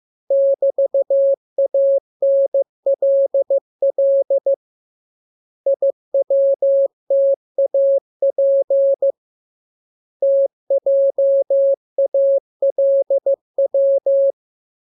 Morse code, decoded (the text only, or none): <BT>ANLL IWTAP TJALW